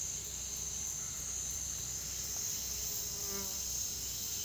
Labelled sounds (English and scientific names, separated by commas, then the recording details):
none
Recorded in dense forest near Puerto Asís, Putumayo, Colombia, on 20 February 2024 at 08:30
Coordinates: 0.505, -76.324
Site G6467